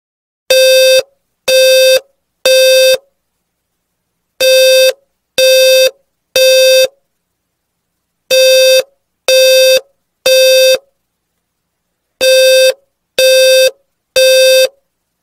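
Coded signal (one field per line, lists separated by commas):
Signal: alarm pattern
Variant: 520 Hz low-frequency tone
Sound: low buzzy 520 Hz tone in groups of three beeps, repeated four times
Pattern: temporal three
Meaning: Fire alarm: evacuate the building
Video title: Low Frequency 520 Hz Fire Alarm sound effect and visual light effect all in temporal 3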